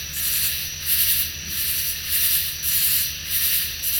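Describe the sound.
Katydids in chorus, a continuous high rasping hiss that swells and fades in regular pulses about every half second to second.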